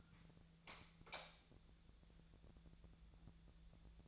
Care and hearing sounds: daily activity, microphone in the room; light on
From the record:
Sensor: 3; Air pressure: 1000.0 hPa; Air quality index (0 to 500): 124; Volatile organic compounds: 2 ppm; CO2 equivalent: 1112 ppm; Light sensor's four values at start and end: 31/79/33/36 and 33/88/37/39

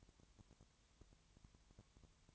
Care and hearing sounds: daily activity, microphone in the room; no activity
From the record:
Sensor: 3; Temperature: 20.5 degrees Celsius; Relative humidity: 32.9%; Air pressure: 1003.2 hPa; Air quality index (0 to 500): 106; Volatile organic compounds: 2 ppm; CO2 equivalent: 1073 ppm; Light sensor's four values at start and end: 2/3/2/2 and 2/3/2/2

